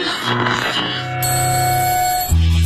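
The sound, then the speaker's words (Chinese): An alarm clock rings with bright, steady metallic tones that hold for about a second over a musical backdrop, then give way to a low sustained hum, in a morning program of Beijing Youth Radio FM98.2. “叫醒你的是闹钟，是梦想，还是你家的猫？”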